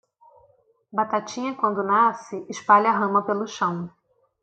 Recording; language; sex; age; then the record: short text; Brazilian Portuguese; female; 30 to 39 years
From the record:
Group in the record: control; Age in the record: 31 years